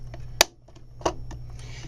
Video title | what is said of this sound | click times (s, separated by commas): Modding a Camera Flash Part 2 | plate just kind of snaps into place here | 0.4 s